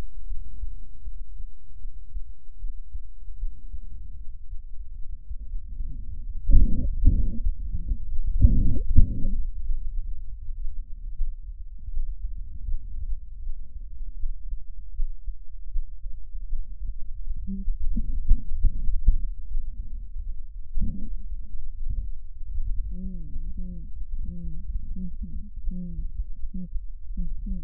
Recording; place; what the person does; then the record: lung sounds by stethoscope; left anterior apical chest; quiet breathing, then cough and speech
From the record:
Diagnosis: asthma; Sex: female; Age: 56 years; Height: 161 cm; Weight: 85 kg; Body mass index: 32.8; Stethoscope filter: bell mode